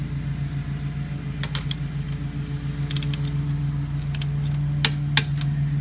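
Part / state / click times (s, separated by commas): click-type torque wrench on wheel lug nut / torque reached / 4.8 s, 5.2 s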